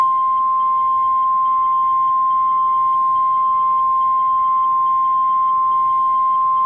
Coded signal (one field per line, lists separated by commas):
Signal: Emergency Alert System (SAME) tones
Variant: 1050 Hz attention tone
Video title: EAS Mock 35: Thunderstorms in Western Texas